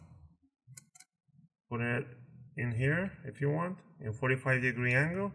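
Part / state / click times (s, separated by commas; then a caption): laptop RAM module into SO-DIMM slot / seated / 0.8 s, 1.0 s. A laptop RAM module in an MSI GL63 Series laptop is slid into its SO-DIMM slot at a 45-degree angle and pushed down toward the motherboard until the metal clips latch. Sharp clicks are heard at 0.8 s and 1.0 s as the module seats, followed by someone talking.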